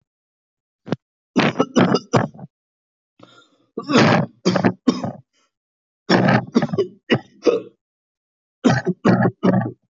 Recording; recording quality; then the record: heavy voluntary cough; excellent, no background noise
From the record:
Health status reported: healthy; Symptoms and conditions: none ticked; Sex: male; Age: 31 years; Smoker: not ticked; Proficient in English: yes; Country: India